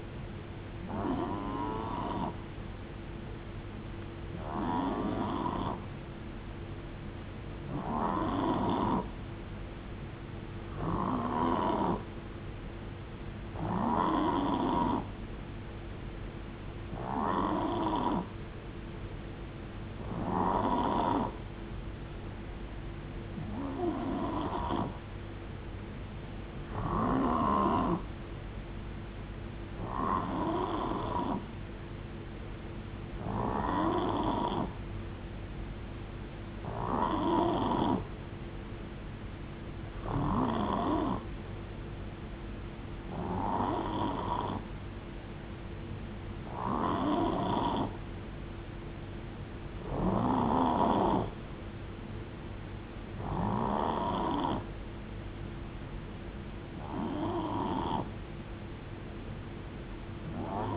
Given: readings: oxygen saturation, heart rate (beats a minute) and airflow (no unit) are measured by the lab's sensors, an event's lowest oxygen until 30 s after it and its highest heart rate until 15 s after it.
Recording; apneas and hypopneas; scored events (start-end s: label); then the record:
breathing in sleep by a voice recorder at the bedside; none
none scored
From the record:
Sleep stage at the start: N3 (deep sleep); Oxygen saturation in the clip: 89 to 92%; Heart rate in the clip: 63 to 76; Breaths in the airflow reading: 18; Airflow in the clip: -8.3 to 6.3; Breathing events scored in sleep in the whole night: 389 in 6.3 hours asleep